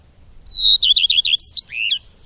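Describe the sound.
Bird song: one high phrase opening with a thin whistle, then a rapid series of wavering notes and a falling slur.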